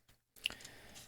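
A plastic part of a toy harbour building is clipped into its harbour base. A faint rustle comes at 0.4 s, followed by one sharp snap at 0.5 s as it seats, with a smaller tick right after and low handling noise continuing.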